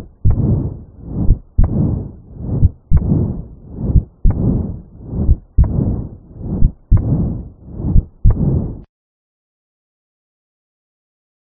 A mitral stenosis murmur, which, remember, is mid-diastolic, happening during diastole. Loud first heart sound and an opening snap after S2.